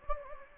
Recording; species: mosquito wingbeat signal from an infrared sensor; Anopheles gambiae